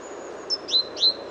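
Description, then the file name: Great tit: a thin high whistle followed by two quick sharp chirps that drop in pitch, over low steady noise. "Parus major"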